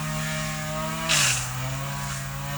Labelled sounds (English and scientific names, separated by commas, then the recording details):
none
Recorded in secondary vegetation near Puerto Asís, Putumayo, Colombia, on 22 December 2024 at 11:30
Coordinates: 0.499, -76.323
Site G010